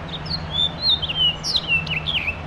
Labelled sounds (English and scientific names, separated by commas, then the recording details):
House Finch (Haemorhous mexicanus) song
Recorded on Long Island, New York, on 7 June 2011
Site MV
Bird A